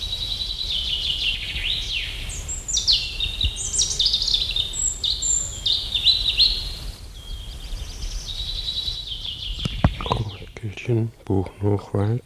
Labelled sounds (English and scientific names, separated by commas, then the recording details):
European Robin (Erithacus rubecula) song
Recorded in the wild
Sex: male
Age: adult
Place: Feldberg - Koldenhof, Mecklenburgische Seenplatte, Mecklenburg, DE
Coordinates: 53.3294, 13.3136
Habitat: high beech forest
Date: 1976-07-03 10:10
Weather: 24°C
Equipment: Uher CR 210, Sennheiser MD 421 HL, Verstärker, Reflektor, Kopie Uher 4200
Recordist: Tembrock, Günter